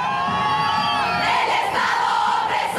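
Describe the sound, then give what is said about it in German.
Hundreds of blindfolded women protesting in front of the police academy in Santiago chant their accusation loudly in unison, their high voices merging into a sustained, rhythmic chorus that keeps a steady, forceful level throughout. “Im Takt der Trommeln bewegen sie sich, zeigen immer wieder auf das Polizeigebäude und skandieren im Chor ihre Anklage”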